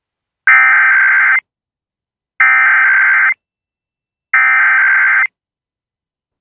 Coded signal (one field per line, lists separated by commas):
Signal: Emergency Alert System (SAME) tones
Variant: header bursts